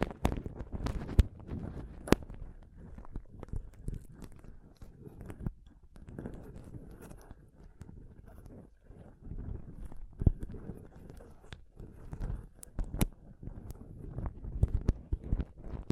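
Microphone scratching and touching in dense, uneven rustles and thumps, mostly low, with sharp bright clicks near 1, 2, 10 and 13 seconds.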